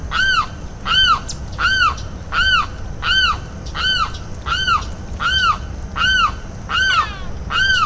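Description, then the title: Limpkin repeating a loud, strident, arched call at an even pace of roughly one and a half per second, with a brief rattle near the end. "LuckyPassaro Completos2Sama. Limpkin (Aramus guarauna)"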